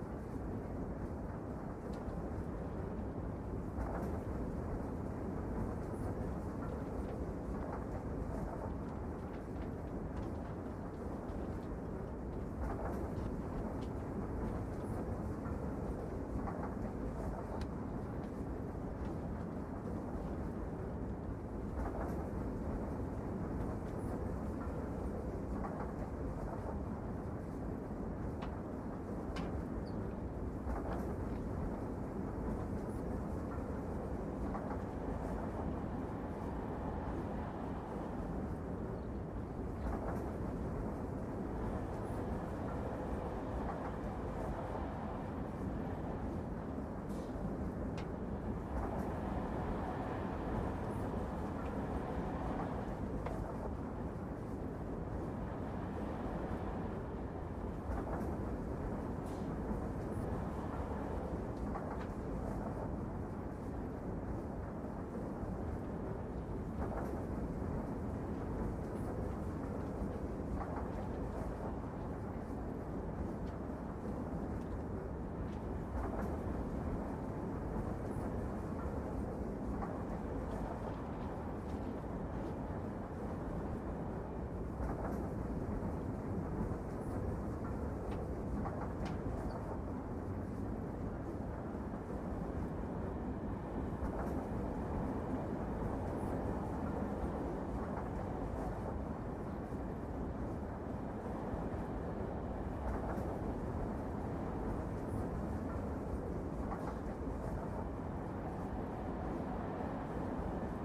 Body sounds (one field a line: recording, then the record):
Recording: background sound without coughing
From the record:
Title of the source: Train Ride Ambience ambient white noise for sleeping, focus, studying, reading